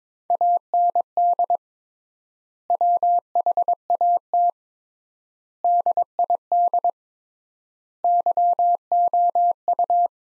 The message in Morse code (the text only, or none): AND WHAT DID YOU